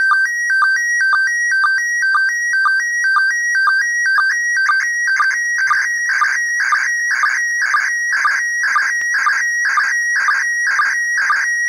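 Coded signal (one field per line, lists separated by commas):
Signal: SSTV (slow-scan television)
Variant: PD 120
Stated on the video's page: ISS SSTV event on 145.800 MHz in PD120 format, sent at relatively high power, received on a VHF delta loop antenna.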